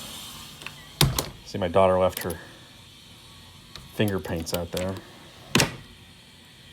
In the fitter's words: that's a nice click